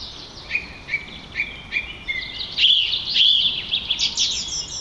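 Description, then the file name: Song thrush song: a short whistled note repeated four or five times at an even pace, then a louder tumbling phrase of rapid high chirps and trills. "Turdus philomelos - Song Trush"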